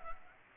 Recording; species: mosquito wingbeat signal from an infrared sensor; Culex pipiens